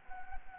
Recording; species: mosquito wingbeat signal from an infrared sensor; Anopheles gambiae